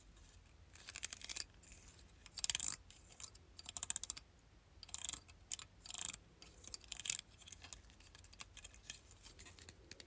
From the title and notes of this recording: ASMR Claw Clip.